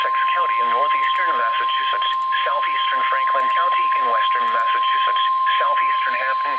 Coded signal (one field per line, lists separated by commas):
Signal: Emergency Alert System (SAME) tones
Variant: 1050 Hz attention tone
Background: speech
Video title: SQUALLIN' (EAS #72-73) Snow Squall Warnings